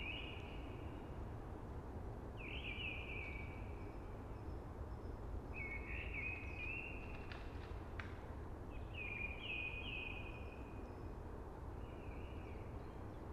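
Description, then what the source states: Blackbird song in separate fluty warbling phrases every few seconds, with a few sharp clicks, over a constant rushing background of wind through trees. Early singing among hushing conifers.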